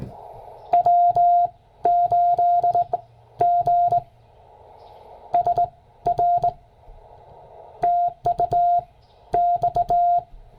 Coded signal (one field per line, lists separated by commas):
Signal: Morse code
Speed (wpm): 18 wpm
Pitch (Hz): 690 Hz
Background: none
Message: W8GSR TU X